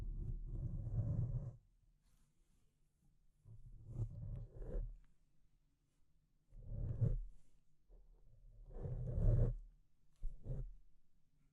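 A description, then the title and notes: Deep, rough scratching comes in low, grinding bursts of one to two seconds, about every two to three seconds, with near-silent gaps between. Deep Scratching. (No Talking).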